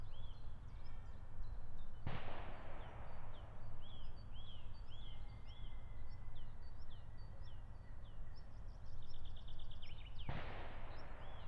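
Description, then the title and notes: European green woodpecker calling repeatedly between two loud gunshots, with other bird calls. Meadow right next to a shooting range, Siemianowice Śląskie, Poland, Saturday 23 March 2019; woodpecker ignores regular gunfire; recorded with Zoom H5 and Audio-Technica BP4025. "Łąka bezpośrednio przy strzelnicy, sobota 23 marca 2019. Dzięcioł zielony (Picus viridis) zdaje sobie nic nie robić z regularnych strzałów."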